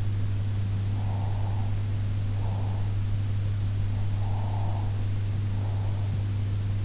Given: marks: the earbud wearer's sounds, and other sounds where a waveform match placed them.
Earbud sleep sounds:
sounds in sleep by an in-ear microphone; breath
0.99-2.93 s: breath
4.13-6.05 s: breath

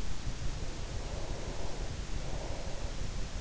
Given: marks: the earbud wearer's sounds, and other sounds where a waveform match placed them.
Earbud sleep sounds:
sounds in sleep by an in-ear microphone; breath
0.43-3.33 s: breath

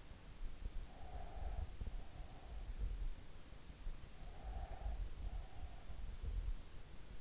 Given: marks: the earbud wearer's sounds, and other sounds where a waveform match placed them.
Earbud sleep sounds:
sounds in sleep by an in-ear microphone; breath
0.82-2.41 s: breath
4.25-6.01 s: breath

